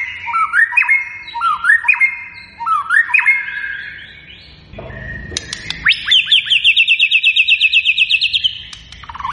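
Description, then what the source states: White-rumped shama song: three matching rising whistled phrases, a brief pause, then a sharp upward note leading into a fast, even chattering trill. Lure recording meant to make the bird respond; described as a strongly singing bird.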